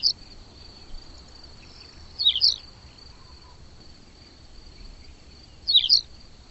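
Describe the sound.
Bird calls: short, twisting high chirp phrases, one cut off at the start and two more about three and a half seconds apart, over a steady high drone.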